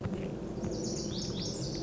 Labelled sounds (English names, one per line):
Lazuli Bunting